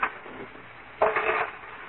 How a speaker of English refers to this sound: Now, let's put all the silverware away.